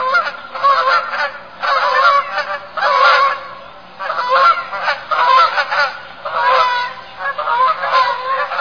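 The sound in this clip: Canada goose honking: loud nasal honks in several bursts with brief pauses between groups.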